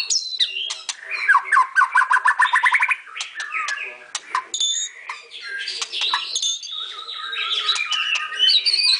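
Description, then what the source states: White-rumped shama song with a fast series of repeated notes early on, then a loud, varied mix of whistles, chatters and harsh buzzy phrases. Masteran (training) song recording for songbirds.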